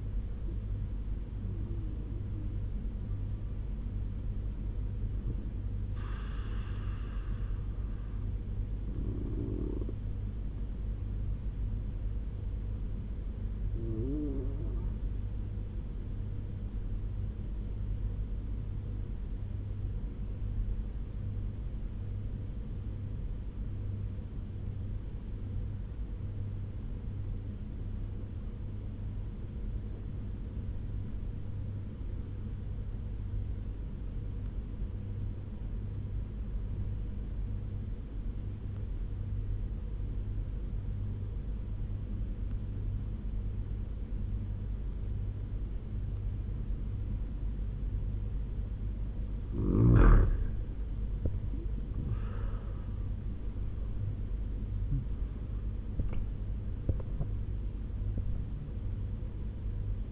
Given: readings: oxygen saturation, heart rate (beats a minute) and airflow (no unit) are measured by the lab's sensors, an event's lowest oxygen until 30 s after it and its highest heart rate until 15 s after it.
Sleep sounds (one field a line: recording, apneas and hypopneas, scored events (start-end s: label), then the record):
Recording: breathing in sleep by a smartphone at the bedside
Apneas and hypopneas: 1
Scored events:
24.00-50.20 s: obstructive apnea (N1, oxygen 96% highest, then 87% lowest, heart rate 75 at the start, 87 highest)
From the record:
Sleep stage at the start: N1 (lightest sleep)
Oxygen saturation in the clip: 87 to 97%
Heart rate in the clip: 71 to 87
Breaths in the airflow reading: 6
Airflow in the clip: -12.9 to 12.8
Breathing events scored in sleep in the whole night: 201 in 6.5 hours asleep